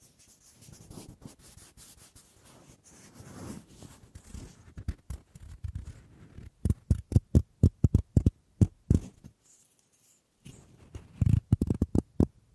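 Wooden triggers: soft scratching and rubbing on wood fill the first six seconds, low and fairly steady. Then come sharp, regular taps and knocks, roughly two per second, with a brief pause near ten seconds before a final cluster of heavier knocks.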